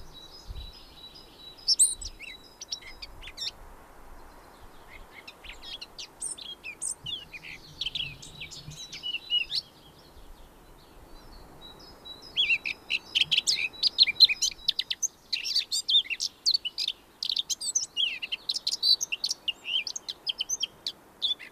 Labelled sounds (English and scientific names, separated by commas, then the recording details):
Eurasian Blackcap (Sylvia atricapilla) song
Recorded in the wild
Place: Garmisch-Partenkirchen, Bayern, DE
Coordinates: 47.5978, 11.1886
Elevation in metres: 637
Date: 1968-04-21
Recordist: Tretzel, Erwin